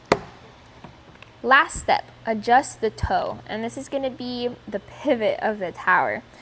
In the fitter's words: till it clicks on both sides